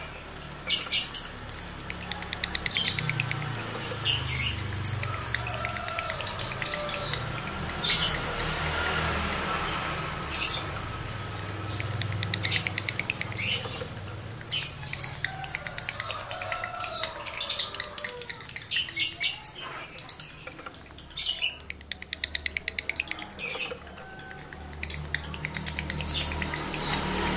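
A male lovebird in breeding mood chatters almost without pause, giving rapid, shrill squeaks and chirps in dense bursts throughout. The calls are bright, with a sharper flurry near the middle and around twenty seconds, over a low steady hum.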